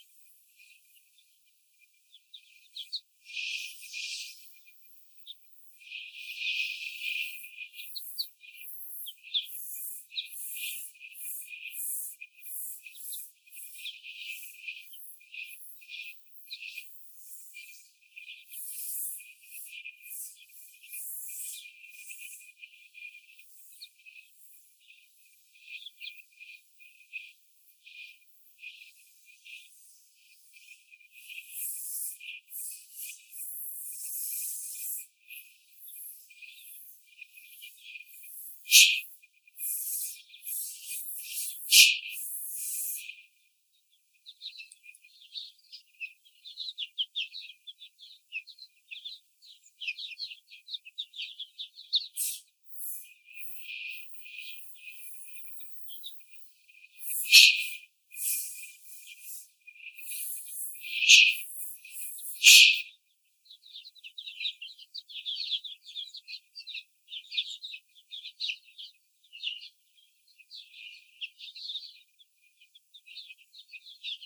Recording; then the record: young laying hens in a cage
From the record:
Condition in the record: before the stressor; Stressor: simulated dog barking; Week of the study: 4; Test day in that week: 2